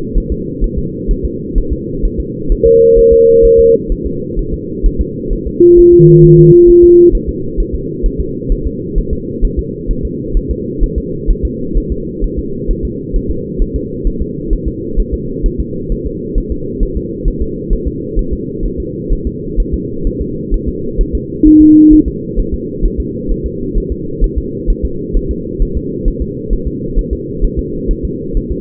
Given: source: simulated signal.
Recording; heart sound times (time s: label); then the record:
fetal heart sounds
0.17 s: S1
0.32 s: S2
0.64 s: S1
0.78 s: S2
1.11 s: S1
1.25 s: S2
1.58 s: S1
1.72 s: S2
2.05 s: S1
2.20 s: S2
2.52 s: S1
2.66 s: S2
2.99 s: S1
3.13 s: S2
3.45 s: S1
3.60 s: S2
3.92 s: S1
4.06 s: S2
4.39 s: S1
4.53 s: S2
4.86 s: S1
5.01 s: S2
5.33 s: S1
5.47 s: S2
5.79 s: S1
5.93 s: S2
6.24 s: S1
6.39 s: S2
6.70 s: S1
6.84 s: S2
7.15 s: S1
7.29 s: S2
7.60 s: S1
7.75 s: S2
8.06 s: S1
8.20 s: S2
8.52 s: S1
8.67 s: S2
8.98 s: S1
9.13 s: S2
9.45 s: S1
9.59 s: S2
9.91 s: S1
10.05 s: S2
10.37 s: S1
10.51 s: S2
10.83 s: S1
10.98 s: S2
11.30 s: S1
11.45 s: S2
11.77 s: S1
11.92 s: S2
12.24 s: S1
12.39 s: S2
12.70 s: S1
12.85 s: S2
13.16 s: S1
13.31 s: S2
13.62 s: S1
13.76 s: S2
14.07 s: S1
14.22 s: S2
14.53 s: S1
14.68 s: S2
14.99 s: S1
15.14 s: S2
15.46 s: S1
15.60 s: S2
15.92 s: S1
16.06 s: S2
16.38 s: S1
16.52 s: S2
16.83 s: S1
16.97 s: S2
17.28 s: S1
17.42 s: S2
17.73 s: S1
17.87 s: S2
18.19 s: S1
18.33 s: S2
18.66 s: S1
18.80 s: S2
19.13 s: S1
19.27 s: S2
19.60 s: S1
19.74 s: S2
20.07 s: S1
20.21 s: S2
20.54 s: S1
20.68 s: S2
21.01 s: S1
21.15 s: S2
21.47 s: S1
21.61 s: S2
21.93 s: S1
22.08 s: S2
22.39 s: S1
22.54 s: S2
22.85 s: S1
23.00 s: S2
23.31 s: S1
23.46 s: S2
23.78 s: S1
23.92 s: S2
24.24 s: S1
24.38 s: S2
24.70 s: S1
24.85 s: S2
25.16 s: S1
25.31 s: S2
25.62 s: S1
25.77 s: S2
26.08 s: S1
26.22 s: S2
26.53 s: S1
26.67 s: S2
26.99 s: S1
27.13 s: S2
27.44 s: S1
27.59 s: S2
27.91 s: S1
28.05 s: S2
28.37 s: S1
28.52 s: S2
From the record:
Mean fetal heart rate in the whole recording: 130 bpm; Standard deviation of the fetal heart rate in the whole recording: 4 bpm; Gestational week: 38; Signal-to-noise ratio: -6.6 dB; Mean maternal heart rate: 72 bpm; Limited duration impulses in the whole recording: present